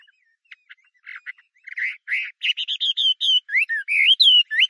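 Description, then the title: Chinese hwamei song: soft scattered notes, then loud, varied whistled phrases that swoop up and down in quick succession. "画眉鸟的叫声"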